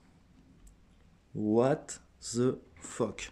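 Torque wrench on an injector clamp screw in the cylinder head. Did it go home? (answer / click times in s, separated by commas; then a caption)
no / none. A click-type torque wrench set to about 15 Nm on a first pass tightens a 6 mm injector clamp screw in the cylinder head of an Audi A3 TDI (BKD engine). The wrench has not clicked at its setting. A brief sharp hit at 0.7 s is most likely the screw shearing off, after which someone talks.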